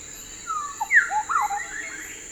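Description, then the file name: Bird calls: a brief sequence of whistled slurred notes, falling and rising, the loudest a sharp downward slur near the middle, against a constant faint high hiss. "SABIOD 50 bird 2015"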